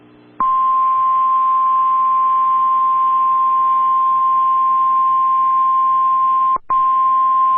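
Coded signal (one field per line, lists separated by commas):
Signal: Emergency Alert System (SAME) tones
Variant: 1050 Hz attention tone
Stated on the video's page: Severe Thunderstorm Warning with valid EAS tones, also covering Pottawatomie County.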